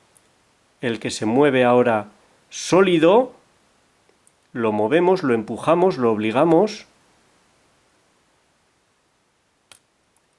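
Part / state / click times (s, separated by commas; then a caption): pin stack in a pin tumbler lock cylinder / seated / 9.7 s. While single pin picking a pin tumbler lock, the fifth pin, which was solid, is pushed up with the pick under tension until its pin stack in the lock cylinder sets at the shear line. Someone talks through most of the clip, then after a quiet stretch a sharp faint click sounds at 9.7 s, followed by a softer tick. The pin is seated.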